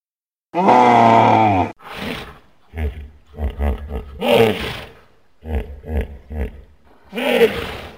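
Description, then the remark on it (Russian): A single deep, rumbling roar from a large big-mouthed beast, heard from very far away, lasts about a second, rough and strongly harmonic, then a voice starts narrating over quiet pauses. “Откуда-то совсем издалека доносится рев большеротого зверя.”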